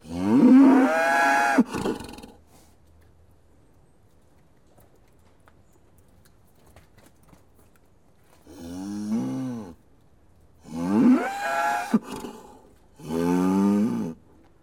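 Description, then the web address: Cattle lowing: a loud moo at the start, a long silence, then three more harmonic moos in quick succession near the end. Cows mooing; livestock. "The BBC Sound Effects Library. Cows Mooing"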